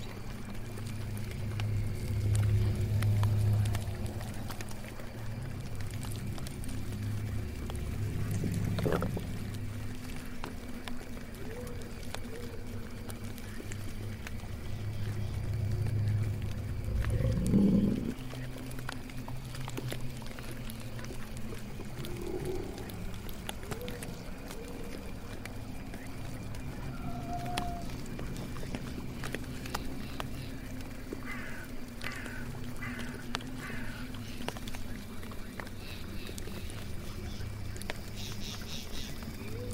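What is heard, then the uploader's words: A witch's swamp house ambience built on a steady, deep rumbling drone that swells slightly around 17 seconds with a low thud. Scattered creaks and clicks drift over it, and faint croaking, bird-like calls surface now and then, most clearly in the last ten seconds. Witch's swamp house ambience.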